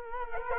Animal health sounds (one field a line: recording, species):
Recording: mosquito wingbeat signal from an infrared sensor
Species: Culex quinquefasciatus